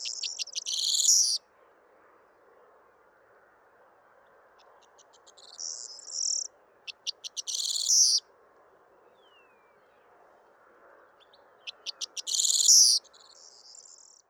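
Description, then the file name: Corn bunting song: several short jangling phrases, each starting with quick ticking notes that run into a dry, glassy jingle, over steady background noise. Song between two rivals; recorded 28 February 2020. "Corn-Bunting Song-between-two-rivals Alfes"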